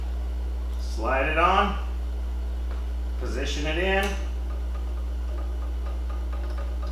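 A seal or retaining part is slid on and positioned by hand in the lower leg of a Fox 36 suspension fork fitted with a Vorsprung Secus, during a lower leg oil bath service, before it is pressed home. Someone talks over a steady low hum, with a faint tick near 2.7 seconds. Nothing has seated or clicked yet.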